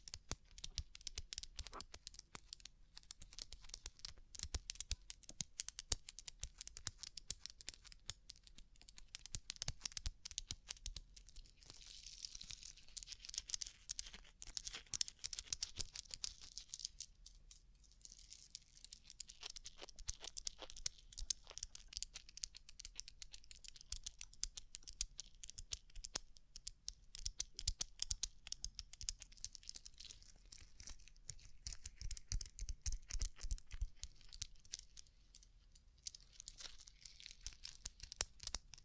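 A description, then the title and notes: Tapping on a rhinestone-covered surface: dense, rapid clicks and taps run without pause for the whole stretch, crisp and bright with a light scratchy crinkle. The pace stays busy throughout, with small swells in intensity around the middle and near the end. ASMR Rhinestone Covered Tapping 3Dio (No Talking).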